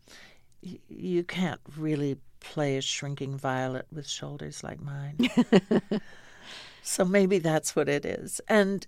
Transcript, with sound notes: You can't really play a shrinking violet with shoulders like mine.
(LAUGHTER)
So maybe that's what it is.